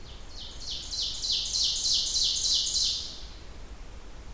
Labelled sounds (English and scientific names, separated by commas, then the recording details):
Ovenbird (Seiurus aurocapilla) song
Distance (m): 30 m
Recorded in boreal forest in Alberta, Canada, on 30 June 2016 at 07:15
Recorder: SongMeter 3, array SBT-6-79
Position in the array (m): 215 m, 19 m
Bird 39